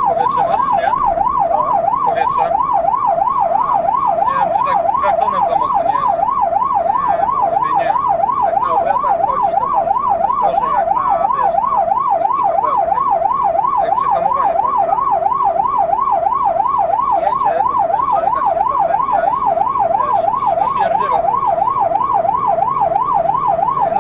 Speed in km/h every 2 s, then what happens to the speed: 69, 65, 63, 62, 62, 55, 55, 55, 57, 59, 62, 64.
0-9 slows to 55. 9-14 steady at about 55. 14-24 speeds up to 64.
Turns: none.